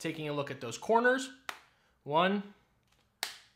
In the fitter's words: two nice click there three